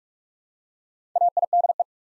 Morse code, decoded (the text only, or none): AIDE